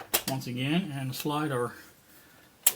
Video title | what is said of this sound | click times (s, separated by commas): Single to Dual hard drive conversion - Dell Optiplex 9020 SFF | lock back over like that now it is basically in | 2.7 s